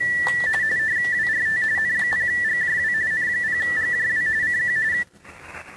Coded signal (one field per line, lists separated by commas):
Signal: RTTY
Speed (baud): 45.45 baud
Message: WRT N0GJW N0GJW CQ